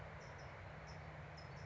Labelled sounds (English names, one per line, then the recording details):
California Towhee
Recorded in Sonoma County, California